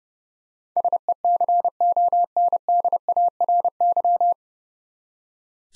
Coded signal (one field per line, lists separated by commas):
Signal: Morse code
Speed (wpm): 30 wpm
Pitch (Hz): 700 Hz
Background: none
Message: SECONDARY